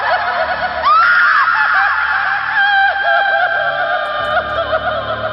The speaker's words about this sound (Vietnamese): Lúc này là nghe cái xác cổ đời đường kia phát ra một tràng tiếng khóc gào.